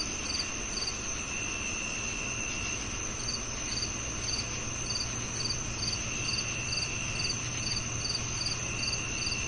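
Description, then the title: Crickets chirping in repeated high pulses, with a constant high tone and a low rumbling background throughout. Summer night soundscape of crickets, made for relaxation and sleep. "Calming Crickets & Summer Night Sleep Sounds"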